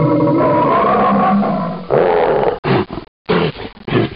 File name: Grizzly Bear